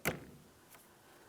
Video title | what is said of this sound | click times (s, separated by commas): How to Install Rear Wiper Arm 2000-2006 Chevrolet Tahoe | Once you have it in position, slide it till you hear a click. | 0.1 s